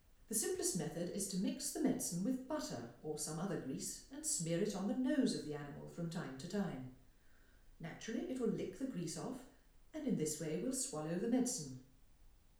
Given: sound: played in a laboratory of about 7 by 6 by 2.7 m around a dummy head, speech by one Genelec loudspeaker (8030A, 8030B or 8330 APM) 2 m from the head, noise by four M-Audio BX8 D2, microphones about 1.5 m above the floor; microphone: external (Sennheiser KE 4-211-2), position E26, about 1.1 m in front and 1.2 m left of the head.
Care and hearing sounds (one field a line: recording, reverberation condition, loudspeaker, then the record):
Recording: female speech in English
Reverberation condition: medium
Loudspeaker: 30 degrees to the right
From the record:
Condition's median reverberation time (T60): about 510 ms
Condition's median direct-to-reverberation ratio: about -0.5 dB